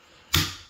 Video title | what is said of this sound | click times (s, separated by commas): Glock 19X vs. Sig P320 (The military showdown) | snaps into place | 0.4 s